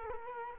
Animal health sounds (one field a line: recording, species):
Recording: mosquito wingbeat signal from an infrared sensor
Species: Culex quinquefasciatus